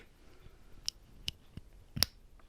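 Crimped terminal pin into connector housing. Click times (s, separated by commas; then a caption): 2.0 s. A crimped male terminal pin is pushed through the rubber seal into a Deutsch-style plastic connector housing, with several small clicks and ticks along the way. A sharp, bright click at 2.0 s marks the retaining claw catching, and the pin is seated in the housing.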